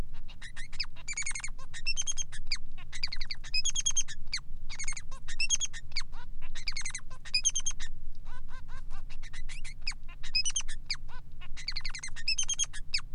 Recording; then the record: song of a male Bengalese finch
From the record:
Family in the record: son of father 3